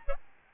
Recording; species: mosquito wingbeat signal from an infrared sensor; Aedes albopictus